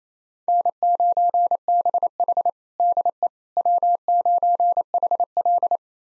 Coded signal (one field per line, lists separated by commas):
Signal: Morse code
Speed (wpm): 27 wpm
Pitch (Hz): 700 Hz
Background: none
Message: N9BH DE W9HL